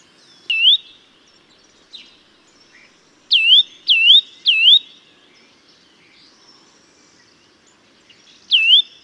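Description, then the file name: Eurasian nuthatch calls: a single loud 'twit', a brief faint note, then a run of three and a later pair of sharp dipping calls. "Sitta europaea"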